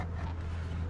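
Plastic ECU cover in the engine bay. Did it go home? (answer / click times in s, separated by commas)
no / none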